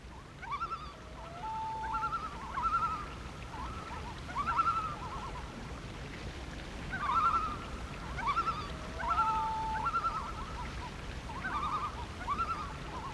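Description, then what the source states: Loon tremolo calls, rapid wavering notes repeated in clusters, with two steady held tones among them over a low hiss. Loon calls mixed with music.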